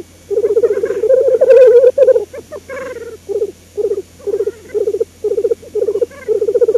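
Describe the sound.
Black grouse bubbling song, low dove-like pulsed cooing, one long rolling phrase, then many short rolling phrases with brief pauses between them.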